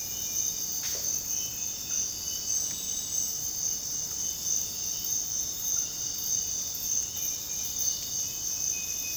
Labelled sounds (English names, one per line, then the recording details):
none
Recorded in dense forest near Puerto Asís, Putumayo, Colombia, on 9 March 2025 at 04:30
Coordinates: 0.486, -76.317
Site G053